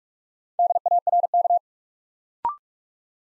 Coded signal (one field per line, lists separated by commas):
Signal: Morse code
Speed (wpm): 44 wpm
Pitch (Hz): 700 Hz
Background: none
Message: DARK